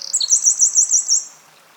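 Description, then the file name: Eurasian wren song ending: a brief trill, then a series of loud, high, evenly repeated notes. "Troglodytes troglodytes"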